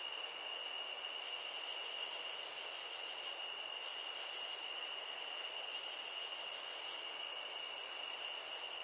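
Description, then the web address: Crickets trilling together in a continuous high-pitched drone, one bright shrill band over a fainter lower whine, never stopping. Nature ambience of crickets. "SFXBible ambience-nature-crickets"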